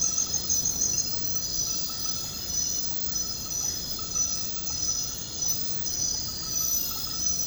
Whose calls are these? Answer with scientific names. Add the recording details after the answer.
none. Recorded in secondary vegetation near Puerto Asís, Putumayo, Colombia, on 19 February 2024 at 00:30. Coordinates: 0.468, -76.324. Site G6381